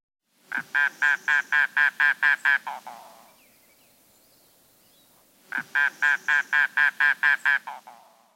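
Mangrove Cuckoo call: a harsh, guttural series of about nine nasal gawk notes given twice, trailing off at the end of each run, with a pause between.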